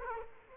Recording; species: mosquito wingbeat signal from an infrared sensor; Culex quinquefasciatus